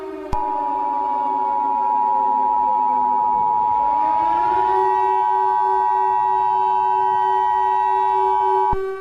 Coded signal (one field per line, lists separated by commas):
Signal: Emergency Alert System (SAME) tones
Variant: 853 and 960 Hz attention tone